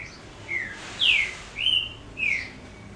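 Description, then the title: Double-collared seedeater, brief song of four ringing whistles, the loudest sliding sharply down, evenly spaced throughout. "Canto Coleiro"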